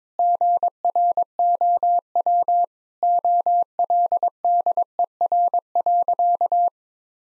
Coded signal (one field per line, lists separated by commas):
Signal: Morse code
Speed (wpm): 21 wpm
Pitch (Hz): 700 Hz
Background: none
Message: GROW OLDER.